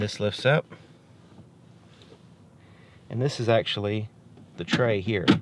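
Someone talks while lifting the armrest of a 2018 Honda CR-V EX-L center console and handling the removable plastic tray in the storage bin, with a faint short knock near 2.0 s. The tray is only being handled, and nothing has snapped into place yet.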